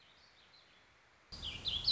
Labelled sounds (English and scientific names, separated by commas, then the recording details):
Warbling Vireo (Vireo gilvus)
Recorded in Sonoma County, California